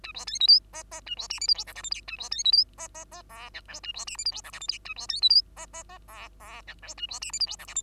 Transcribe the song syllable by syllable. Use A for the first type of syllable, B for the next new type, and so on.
A B C D E F F A B G H I J K L M N A B C D E F F F O P Q A B G H I J K L M N A B C D E F F F O O P Q A B G H I J K L M